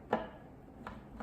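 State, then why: Not seated. The handle of the lid on a Nutri Ninja Auto IQ Blender Duo jar is lowered after aligning the arrows on the lid and jar, producing a sharp plastic knock at about 0.1 s, then softer fumbling taps around 0.9 s and 1.2 s. The handle does not lock, apparently because it is being handled wrongly, and nothing has clicked into place yet.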